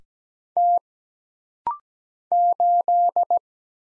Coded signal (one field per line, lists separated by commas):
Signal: Morse code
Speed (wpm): 17 wpm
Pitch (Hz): 700 Hz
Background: none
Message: T 8